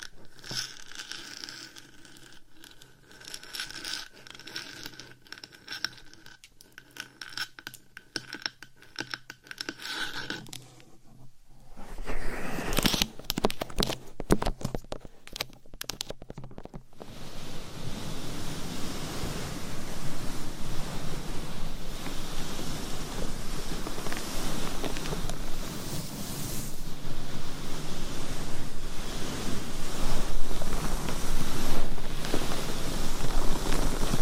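Scratching and tapping on a binaural mic, starting as sparse, dry clicks and taps for the first ten seconds. Around twelve seconds it thickens into rough rubbing and massaging, then settles into a dense, steady rushing scratch that grows slightly louder toward the end.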